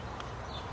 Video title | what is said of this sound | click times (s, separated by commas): 1ST MOD FOR THE BMW GONE WRONG!! INSTALLING M STYLE MIRROR COVERS | clips that you just literally pop into place | 0.2 s